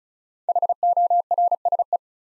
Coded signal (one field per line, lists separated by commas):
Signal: Morse code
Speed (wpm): 45 wpm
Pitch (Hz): 700 Hz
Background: none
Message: HORSE